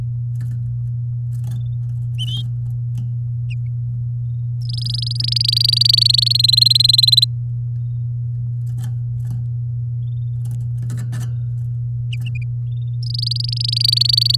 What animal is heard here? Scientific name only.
Serinus canaria